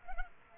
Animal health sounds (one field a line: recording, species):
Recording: mosquito wingbeat signal from an infrared sensor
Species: Culex pipiens